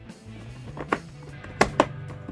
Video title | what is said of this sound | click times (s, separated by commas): Star Wars Black Series Snowspeeder and Luke Skywalker Action Figure Unboxing Review!!! | awesome that just pops into place | 1.6 s, 1.8 s